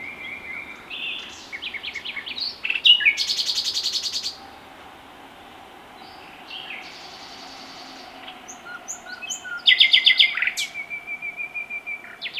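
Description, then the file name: Common nightingale song with varied phrases: ringing repeated notes, a harsh buzzy burst, a quiet gap, then another rapid rattle ending in a long whistle. "Luscinia megarhynchos"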